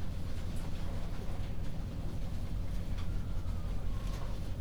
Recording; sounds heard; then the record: poultry house recording; healthy chickens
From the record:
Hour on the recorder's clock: 22